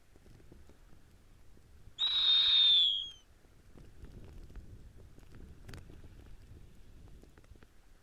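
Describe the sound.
Snowy owl giving a single high, harsh whistled scream lasting about a second, slightly falling.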